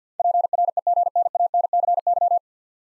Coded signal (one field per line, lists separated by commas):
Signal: Morse code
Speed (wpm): 52 wpm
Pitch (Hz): 700 Hz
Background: none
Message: PREGNANCY